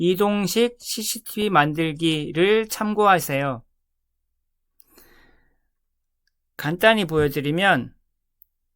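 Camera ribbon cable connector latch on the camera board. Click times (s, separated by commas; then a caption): 8.4 s. Someone talks, then pulls up the locking flap on the small camera ribbon-cable connector of an ESP32-CAM board. The latch releases with a short click at 8.4 s, and the camera cable is then pulled out.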